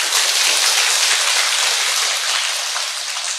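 An audience at a Buddhist dharma talk given by a nun applauds loudly, a dense, steady wash of many hands clapping together that holds for a few seconds and eases off slightly toward the end, with no talking over it.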